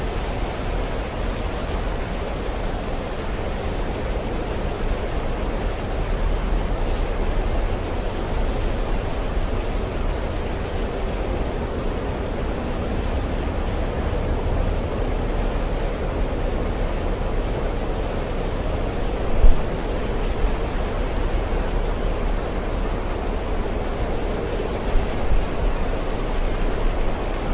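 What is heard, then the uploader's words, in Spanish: A waterfall roars steadily and densely, a constant wash of falling water heavy in the low and middle range with a softer hiss above. The level barely changes throughout, with brief sharper splashes or knocks near 19 and 25 seconds. Ruido de Cascada. Tomamos el sonido lento del agua que fluye.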